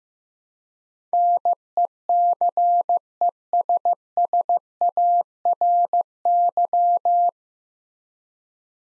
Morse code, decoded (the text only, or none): NECESSARY